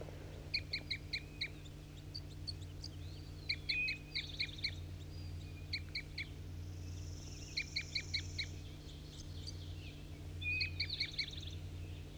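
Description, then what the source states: Crossbill giving bursts of hard, clipped kip notes, several quick runs spread throughout over a constant low droning hum. Calls of individual bird 4-3 during crossbill trapping; the other flock birds, three females and a red male, seemed to be coming back in response to its calls.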